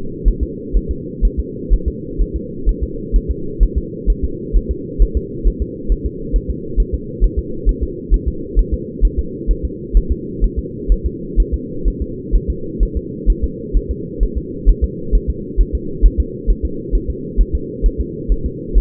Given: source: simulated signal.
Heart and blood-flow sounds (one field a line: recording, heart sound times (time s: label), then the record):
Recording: fetal heart sounds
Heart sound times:
0.28 s: S1
0.43 s: S2
0.76 s: S1
0.91 s: S2
1.25 s: S1
1.39 s: S2
1.73 s: S1
1.88 s: S2
2.22 s: S1
2.36 s: S2
2.69 s: S1
2.83 s: S2
3.16 s: S1
3.31 s: S2
3.63 s: S1
3.78 s: S2
4.10 s: S1
4.24 s: S2
4.56 s: S1
4.71 s: S2
5.02 s: S1
5.17 s: S2
5.47 s: S1
5.62 s: S2
5.92 s: S1
6.06 s: S2
6.36 s: S1
6.50 s: S2
6.80 s: S1
6.94 s: S2
7.24 s: S1
7.39 s: S2
7.69 s: S1
7.83 s: S2
8.14 s: S1
8.28 s: S2
8.59 s: S1
8.74 s: S2
9.05 s: S1
9.19 s: S2
9.51 s: S1
9.65 s: S2
9.97 s: S1
10.12 s: S2
10.44 s: S1
10.59 s: S2
10.92 s: S1
11.06 s: S2
11.40 s: S1
11.54 s: S2
11.88 s: S1
12.02 s: S2
12.35 s: S1
12.50 s: S2
12.83 s: S1
12.97 s: S2
13.30 s: S1
13.44 s: S2
13.77 s: S1
13.91 s: S2
14.23 s: S1
14.38 s: S2
14.69 s: S1
14.84 s: S2
15.15 s: S1
15.30 s: S2
15.61 s: S1
15.75 s: S2
16.05 s: S1
16.20 s: S2
16.50 s: S1
16.65 s: S2
16.95 s: S1
17.10 s: S2
17.41 s: S1
17.55 s: S2
17.86 s: S1
18.00 s: S2
18.32 s: S1
18.46 s: S2
18.78 s: S1
From the record:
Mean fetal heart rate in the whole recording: 130 bpm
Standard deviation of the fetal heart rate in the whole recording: 2 bpm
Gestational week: 36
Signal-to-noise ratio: -4.3 dB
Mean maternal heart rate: 72 bpm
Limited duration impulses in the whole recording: absent